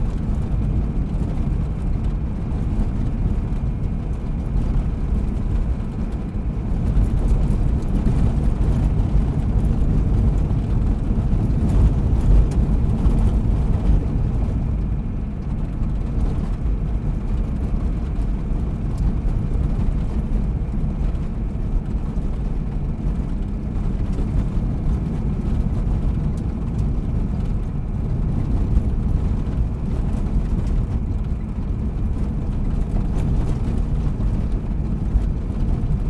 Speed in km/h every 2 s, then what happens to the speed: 56, 58, 58, 57, 57, 57, 56, 57, 57, 57, 56, 56, 55, 55, 55, 54, 53, 52.
0-36 steady at about 56.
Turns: none.